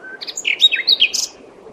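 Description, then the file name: Common nightingale song phrase, a rapid jumble of varied chirps and whistled notes leaping between high and very high pitches, ending in a bright high flourish. "Luscinia megarhynchos"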